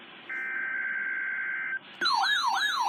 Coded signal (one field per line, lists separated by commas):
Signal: Emergency Alert System (SAME) tones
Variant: header bursts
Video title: NOAA Weather Radio Weekly Tests (EAS #1301-1306)